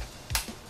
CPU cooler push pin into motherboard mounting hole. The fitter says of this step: はいカチっというまででまあとはど力でもいいと思うんですけど